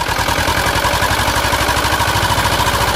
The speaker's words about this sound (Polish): Motorówka z silnikiem Ursusa wpłynęła do zatoki.